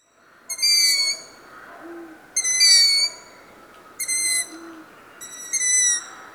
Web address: Long eared